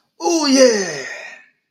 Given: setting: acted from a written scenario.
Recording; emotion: vocal sound without words; ecstasy